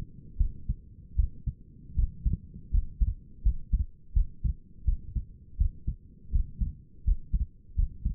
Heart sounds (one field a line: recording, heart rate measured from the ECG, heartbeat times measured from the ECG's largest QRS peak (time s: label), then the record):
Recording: heart sounds by stethoscope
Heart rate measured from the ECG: 81 bpm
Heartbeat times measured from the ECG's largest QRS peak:
0.38 s: heartbeat
1.16 s: heartbeat
1.96 s: heartbeat
2.71 s: heartbeat
3.43 s: heartbeat
4.14 s: heartbeat
4.85 s: heartbeat
5.58 s: heartbeat
6.32 s: heartbeat
7.05 s: heartbeat
7.76 s: heartbeat
From the record:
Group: healthy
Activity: rest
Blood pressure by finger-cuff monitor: 133/91 mmHg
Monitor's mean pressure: 104 mmHg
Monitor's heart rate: 82 bpm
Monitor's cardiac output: 5.6 L/min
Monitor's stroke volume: 70 mL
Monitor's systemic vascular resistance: 1350 dyn s/cm5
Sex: female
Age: 37 years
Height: 168 cm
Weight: 70 kg